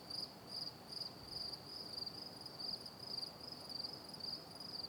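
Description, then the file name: Cricket chirping in steady high-pitched pulses, about two bursts per second, with a faint tinkling overtone above and a low soft background hiss. Calm night ambience, stereo. "Ambiance Nature Night Cricket Calm Loop Stereo"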